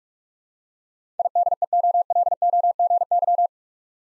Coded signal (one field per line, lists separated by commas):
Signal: Morse code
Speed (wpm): 42 wpm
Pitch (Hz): 700 Hz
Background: none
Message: IDEOLOGY